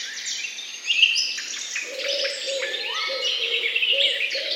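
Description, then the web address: Birds singing in a dense chorus of high, rapid chirps and trills, with a low repeated cooing underneath. Morning bird songs. "utrennie pesni ptic"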